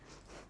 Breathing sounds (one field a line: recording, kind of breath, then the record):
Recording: one breath in and out by a microphone near the nose and mouth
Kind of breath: strong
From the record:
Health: marked as sick, illness not named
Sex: female